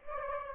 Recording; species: mosquito wingbeat signal from an infrared sensor; Aedes aegypti